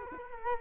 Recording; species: mosquito wingbeat signal from an infrared sensor; Culex quinquefasciatus